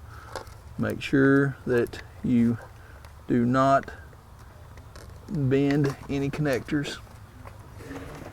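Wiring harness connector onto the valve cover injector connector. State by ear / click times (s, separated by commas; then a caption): not seated / none. A plastic wiring-harness connector for a TS Performance Stryker tuning module is being handled at the valve cover injector connector on a 2013–2014 Dodge 6.7L Cummins automatic, to be engaged and pushed until it clicks. Someone talks over faint handling noise and a few small ticks. Nothing has seated or clicked yet.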